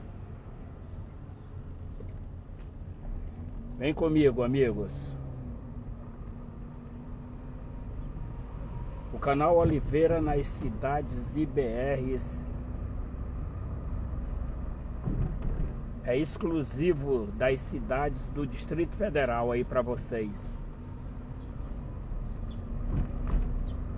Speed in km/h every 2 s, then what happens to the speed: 10, 12, 19, 21, 21, 23, 25, 22, 21, 19, 22, 25.
0-11 speeds up to 25. 11-24 steady at about 22.